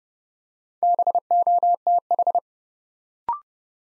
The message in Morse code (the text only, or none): BOTH